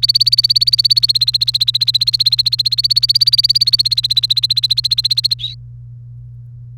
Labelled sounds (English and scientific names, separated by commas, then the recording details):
Domestic Canary (Serinus canaria) song
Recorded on 1 May 2018 at 17:15
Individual llb3